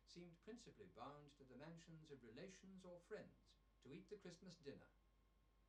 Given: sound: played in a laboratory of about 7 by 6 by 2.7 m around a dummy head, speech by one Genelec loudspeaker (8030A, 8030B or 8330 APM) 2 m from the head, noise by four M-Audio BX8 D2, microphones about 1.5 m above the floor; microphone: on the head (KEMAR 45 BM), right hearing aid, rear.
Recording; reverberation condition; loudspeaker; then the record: male speech in English; low; 150 degrees to the left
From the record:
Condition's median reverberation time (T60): about 310 ms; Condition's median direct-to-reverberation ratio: about 3.5 dB